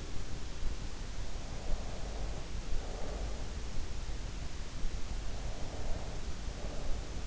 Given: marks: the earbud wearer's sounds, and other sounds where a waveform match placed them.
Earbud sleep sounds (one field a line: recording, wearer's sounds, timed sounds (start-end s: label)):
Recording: sounds in sleep by an in-ear microphone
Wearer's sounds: breath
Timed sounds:
1.65-3.33 s: breath
5.22-7.27 s: breath